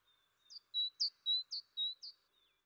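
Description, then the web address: Great tit, a high, thin whistled phrase of about four alternating high and lower notes, the high ones flicking downward, over about one and a half seconds. At night. "Fontainebleau Demo. great tit"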